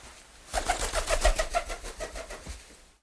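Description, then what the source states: Pigeon wingbeats: a burst of rapid, clapping wing flaps, about three to four beats a second, fading out after a couple of seconds. Flying from place to place in a dovecote.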